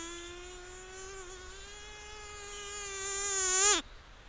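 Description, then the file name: Mosquito flight whine, a sustained buzzy tone rising slightly in pitch and loudness for nearly four seconds, then cutting off with a quick downward sweep. In nature. "3 D zvuki - Komar na prirode tolko v naushnikah"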